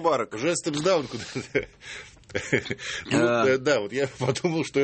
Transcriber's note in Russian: смеется